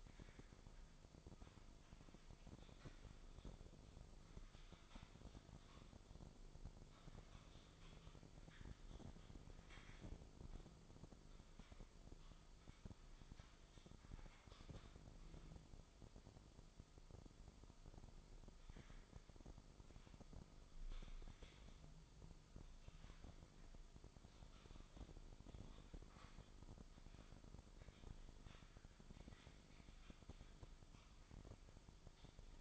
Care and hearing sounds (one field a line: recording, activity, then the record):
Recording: daily activity, microphone in the room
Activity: typing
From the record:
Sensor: 5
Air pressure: 995.4 hPa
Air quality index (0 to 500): 87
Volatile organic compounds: 4 ppm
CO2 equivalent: 1614 ppm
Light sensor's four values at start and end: 25/61/23/22 and 35/85/35/36